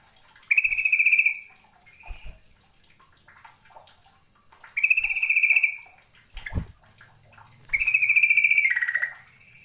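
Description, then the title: Bird song: three long rattling trills, the last dropping lower at its end, separated by soft notes and a low knock. "Kicau Burung"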